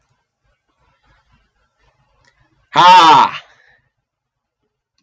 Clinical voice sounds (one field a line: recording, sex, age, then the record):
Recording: vowel held as long as possible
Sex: male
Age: 20 to 29 years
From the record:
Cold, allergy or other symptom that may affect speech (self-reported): yes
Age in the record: 25 years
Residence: New York, United States